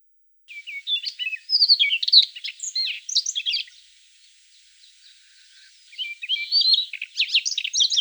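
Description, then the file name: Siberian rubythroat song: a long, fast phrase of squeaky whistles and chattering notes, a short lull, then another bright, varied phrase. "solovey krasnosheyka golos"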